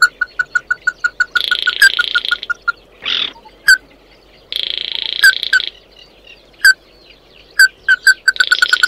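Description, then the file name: Red-eyed bird (chim mắt đỏ) calls begin as a rapid string of ringing notes, then give way to drawn-out grating buzzes and sparse sharp notes, ending in another quick series. "Tieng chim mat do"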